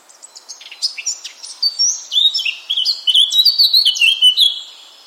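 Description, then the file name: Eurasian blackcap song: quiet chattering notes swell into a fast, loud, melodious warble of whistled phrases that carries on to the end. "Sylvia atricapilla"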